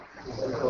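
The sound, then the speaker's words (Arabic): A single brief sneeze, a breathy, snorting burst of noise that swells in loudness toward its end, with no talking over it. “يرحمك الله.”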